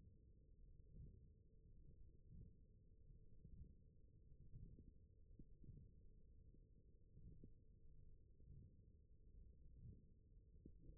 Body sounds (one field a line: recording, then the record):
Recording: forearm muscle sounds (acoustic myography)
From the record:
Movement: wrist extension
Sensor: system 1, eight BSWA MPA416 microphones around the upper forearm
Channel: 5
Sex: male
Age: 21 years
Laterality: right